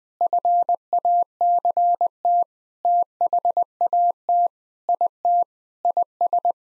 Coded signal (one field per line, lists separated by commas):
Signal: Morse code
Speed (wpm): 20 wpm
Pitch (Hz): 700 Hz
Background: none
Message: FACT THAT IT IS